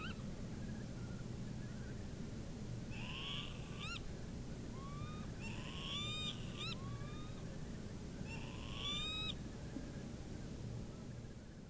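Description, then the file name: Northern lapwings calling: several slurred, upward-sweeping wheezy notes in loose clusters, over a steady low rumble. Northern lapwings at Sha Cheng, China, on 27 March 2026 at 19:20. "2026-03-27-1920-Northern-Lapwings-Sha Cheng"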